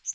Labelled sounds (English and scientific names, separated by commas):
Northern Waterthrush (Parkesia noveboracensis) flight call